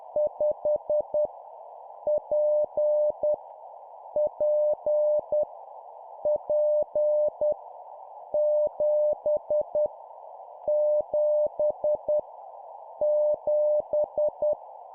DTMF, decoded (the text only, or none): none